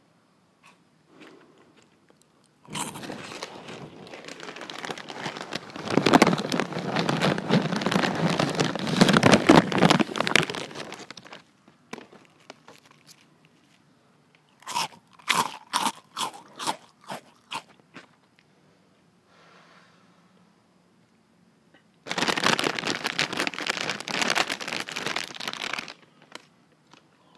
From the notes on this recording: Eating a bag of chips close to my mic